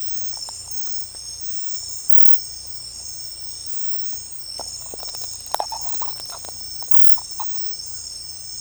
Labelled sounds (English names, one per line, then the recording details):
none
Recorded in secondary vegetation near Puerto Asís, Putumayo, Colombia, on 16 December 2024 at 01:00
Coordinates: 0.499, -76.323
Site G010